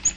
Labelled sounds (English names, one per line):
Yellow-rumped Warbler flight call